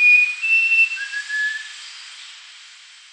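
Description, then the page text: Rufous-crowned babbler whistling: long, level pure notes, the last lower, fading into a quiet hiss. "Rufous-Crowned Babbler Song. Quick Sounds"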